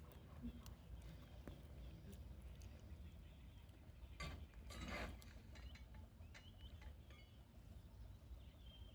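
Horses walk with an irregular clip-clop of hooves, mixed with creaking, rattling clicks over a steady low rumble, with a louder burst of noise midway.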